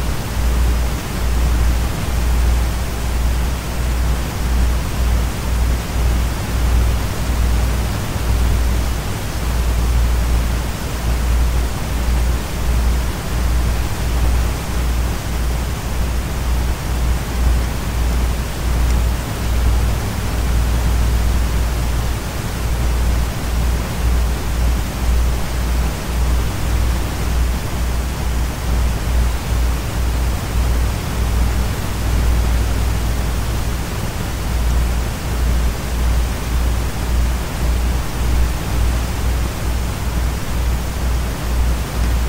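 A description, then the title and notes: White noise blends with the steady whir of a desk fan, a constant hiss that never changes over the whole stretch. The sound is dense and even, weighted toward a soft low rumble with a gentle, unbroken wash above it. White Noise and Desk Fan.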